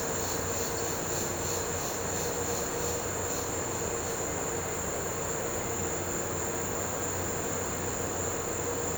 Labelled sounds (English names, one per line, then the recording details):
none
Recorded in pastures near Puerto Asís, Putumayo, Colombia, on 4 March 2025 at 15:00
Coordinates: 0.466, -76.322
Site CSA-02